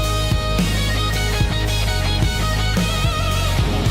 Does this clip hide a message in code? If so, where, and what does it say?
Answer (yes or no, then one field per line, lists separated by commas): no